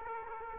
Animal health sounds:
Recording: mosquito wingbeat signal from an infrared sensor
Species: Aedes aegypti

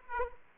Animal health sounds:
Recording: mosquito wingbeat signal from an infrared sensor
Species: Aedes aegypti

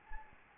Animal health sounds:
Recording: mosquito wingbeat signal from an infrared sensor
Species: Anopheles gambiae

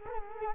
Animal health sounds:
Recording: mosquito wingbeat signal from an infrared sensor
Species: Culex quinquefasciatus

